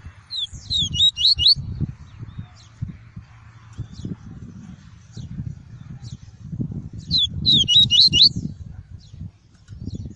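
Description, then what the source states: Double-collared seedeater song: two bursts of rapid, twittering high notes, with low rumbling background noise throughout. "Tui-tui" song variety.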